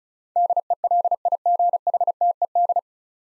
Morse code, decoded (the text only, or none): DELIGHTED